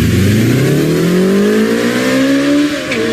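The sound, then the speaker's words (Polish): A loud modified car engine revs hard, its harmonic whine climbing steadily in pitch for a few seconds before dropping off sharply as the throttle lifts. “A jak wynika z badań naukowców z Uniwersytetu Zachodniego Ontario, osoby, które tuningują swoje samochody, by te były głośne, to głównie mężczyźni o cechach psychopatycznych i sadystycznych.”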